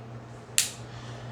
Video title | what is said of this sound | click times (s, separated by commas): A basic pistol crash course on semi-auto pistols and revolvers-dedicated to those new to handguns | watch my index finger here I let that slowly out till I hear it click | 0.6 s